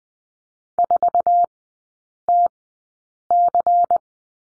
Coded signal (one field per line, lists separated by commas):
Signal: Morse code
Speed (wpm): 20 wpm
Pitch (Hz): 700 Hz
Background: none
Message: 4TC